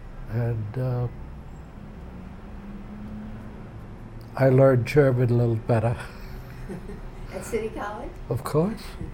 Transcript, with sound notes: And ah, I learned German a little better. (they laugh)
At City College?
Of course.